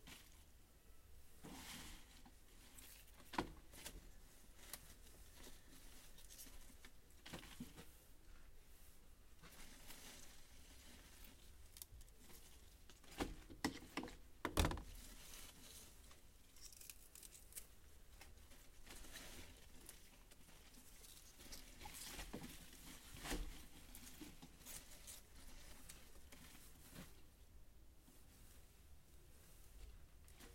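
Mizukakena greens being weighed and taped into bunches, with constant rustling of leaves, crinkling tape, and occasional sharp clicks near fifteen seconds.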